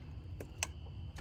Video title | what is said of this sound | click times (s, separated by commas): How to Change Ignition Coils and fix misfires | they snap right on | 0.6 s